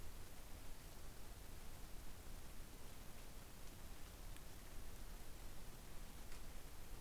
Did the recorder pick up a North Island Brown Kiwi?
no